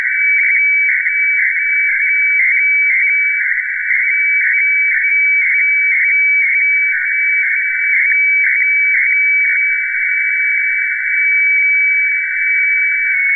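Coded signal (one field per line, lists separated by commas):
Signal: weather fax (radiofax)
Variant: 120 LPM, IOC 576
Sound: steady warbling tone band with rhythmic ticking scratch twice per second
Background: radio static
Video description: Reception of HLL2 Seoul Meteo (Seoul, South Korea) on 9165 khz (FAX 120/576)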